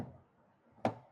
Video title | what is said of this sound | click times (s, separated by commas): AC Water Leakage Issue Solved! - DIY - ESKI YT | இப்ப மேல ஏறி லாக் பண்ணிற வேண்டியதுதான். | 0.9 s